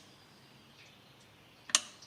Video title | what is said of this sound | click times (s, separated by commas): How to do an Oil Service - Saab 9-3 1,8t -04 | and put that 25 Hear that click? | 1.7 s